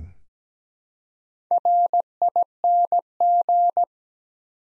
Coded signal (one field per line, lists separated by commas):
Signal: Morse code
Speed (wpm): 17 wpm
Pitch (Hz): 700 Hz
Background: none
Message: RING